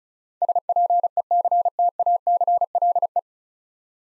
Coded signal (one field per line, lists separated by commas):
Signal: Morse code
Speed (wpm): 36 wpm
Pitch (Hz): 700 Hz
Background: none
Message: SPECTACLE